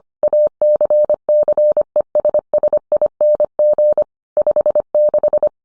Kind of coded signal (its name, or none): Morse code